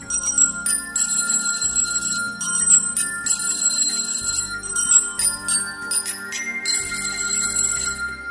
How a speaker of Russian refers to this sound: Прозвучал переливчатый сигнал.